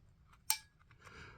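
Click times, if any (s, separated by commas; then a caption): 0.5 s. The plastic front cover of a Yale 6400 alarm control panel is hooked in at the top and pushed down onto the base. It gives one sharp click at 0.5 s, followed by a few faint taps and a soft rustle. The cover is seated, and the click is the tamper switch closing.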